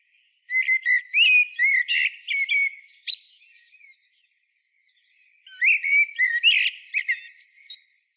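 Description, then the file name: Eurasian blackbird delivering two phrases of flowing fluted whistles that break into scratchy, high-pitched twittering, with a short silence between them. "Turdus merula"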